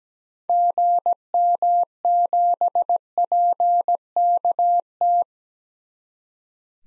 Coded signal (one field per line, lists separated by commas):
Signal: Morse code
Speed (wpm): 17 wpm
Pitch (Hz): 700 Hz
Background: none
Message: GM7PKT